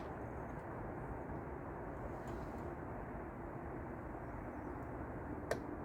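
A click-type torque wrench tightens the next upper intake plenum bolt on the final pass on a 3800 engine that still cranks but won't start. Against a steady broadband background hiss, a single short, sharp click is heard at 5.5 s when the wrench reaches its torque setting.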